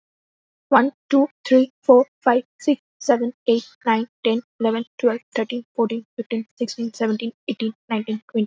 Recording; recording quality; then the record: counting at a fast pace; excellent, no background noise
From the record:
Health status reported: healthy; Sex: female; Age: 23 years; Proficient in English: yes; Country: India